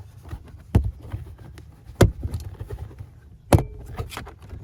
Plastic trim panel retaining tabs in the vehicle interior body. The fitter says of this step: You can hear the pop